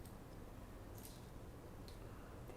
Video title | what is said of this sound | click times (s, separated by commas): COBA RAKIT KEYBOARD BAREBONE - DAXA M61 BAREBONE ALUMUNIUM | Di sini sampai terdengar bunyi suara klik. | 1.9 s